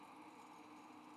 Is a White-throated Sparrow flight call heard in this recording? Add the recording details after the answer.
no. No flight call is heard. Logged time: 03:06 on 5 December 2014